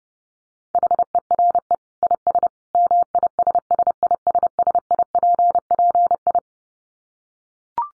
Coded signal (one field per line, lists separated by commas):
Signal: Morse code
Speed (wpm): 30 wpm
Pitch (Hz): 700 Hz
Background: none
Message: HERE IS MISSISSIPPI